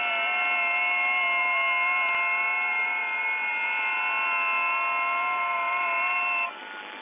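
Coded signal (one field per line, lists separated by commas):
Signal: FT8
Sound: several soft, steady warbling tones at once over hiss, stopping together near the end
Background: radio static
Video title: FT8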